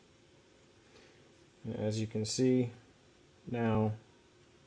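A replacement plastic ramp linkage clip for a pinball machine's center ramp mechanism is lined up on a groove and handled while someone talks over low background noise. Nothing has seated or clicked yet.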